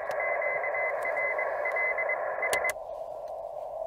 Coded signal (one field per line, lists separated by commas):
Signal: Morse code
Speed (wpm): 21 wpm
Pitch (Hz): 2050 Hz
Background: radio noise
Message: QRLS